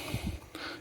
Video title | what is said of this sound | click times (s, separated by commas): Shipping Labels & Label Printers for ReSelling | hear the click. | 0.5 s